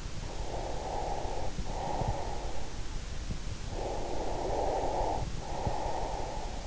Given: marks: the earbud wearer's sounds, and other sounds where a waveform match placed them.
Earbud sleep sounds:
sounds in sleep by an in-ear microphone; breath
0.35-2.43 s: breath
4.12-6.59 s: breath

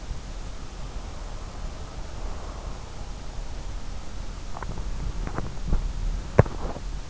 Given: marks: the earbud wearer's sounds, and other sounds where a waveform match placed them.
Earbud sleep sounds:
sounds in sleep by an in-ear microphone; breath, teeth grinding
1.26-2.99 s: breath
4.38-7.10 s: teeth grinding

